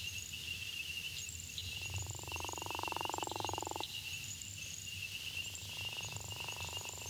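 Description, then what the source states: Gopher frog snoring, a rough call of about two seconds, then a fainter second one starting near the end, over constant thin high background trills. Florida, dry sandy habitats statewide, uses gopher tortoise burrows outside breeding season; breeds winter and early spring in north, after heavy May–June rains in south; call a distinctive snore.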